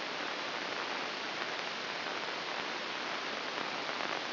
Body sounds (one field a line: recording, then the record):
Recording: brain microelectrode recording played as sound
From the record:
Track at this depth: inside the subthalamic nucleus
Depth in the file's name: 3.144 mm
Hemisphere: right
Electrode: 2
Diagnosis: Parkinson's disease